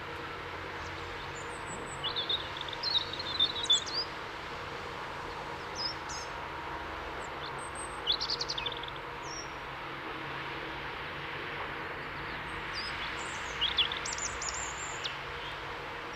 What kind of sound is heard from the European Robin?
song